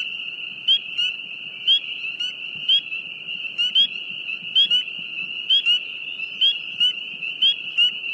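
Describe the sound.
Frog calls: a steady high-pitched drone runs throughout, with short upswept chirps repeated about once a second over a soft low rustle.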